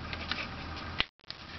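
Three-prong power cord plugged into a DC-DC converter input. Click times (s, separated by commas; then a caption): 1.0 s. A three-prong power cord is plugged into the high-voltage input of a Chennic DC-DC converter, giving a sharp pop at 1.0 s, likely a capacitor inrush spark rather than a mechanical latch click. A steady low hum and a few faint ticks come before the pop, then the sound briefly cuts to near silence before faint ticks and the hum return. The plug connects and seats securely.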